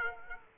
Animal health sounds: mosquito wingbeat signal from an infrared sensor; Aedes aegypti

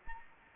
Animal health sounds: mosquito wingbeat signal from an infrared sensor; Anopheles gambiae

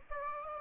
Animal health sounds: mosquito wingbeat signal from an infrared sensor; Aedes aegypti

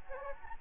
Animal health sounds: mosquito wingbeat signal from an infrared sensor; Anopheles gambiae

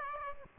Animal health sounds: mosquito wingbeat signal from an infrared sensor; Aedes aegypti

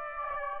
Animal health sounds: mosquito wingbeat signal from an infrared sensor; Aedes aegypti

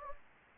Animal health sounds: mosquito wingbeat signal from an infrared sensor; Anopheles gambiae

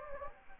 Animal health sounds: mosquito wingbeat signal from an infrared sensor; Anopheles gambiae

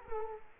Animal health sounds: mosquito wingbeat signal from an infrared sensor; Culex quinquefasciatus

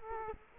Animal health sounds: mosquito wingbeat signal from an infrared sensor; Culex quinquefasciatus

